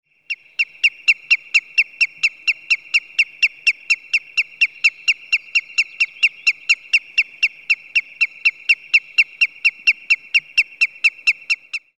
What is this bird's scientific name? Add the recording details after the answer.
Tringa nebularia. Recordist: Frommolt, Karl-Heinz. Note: Erregungsrufe in Nestnähe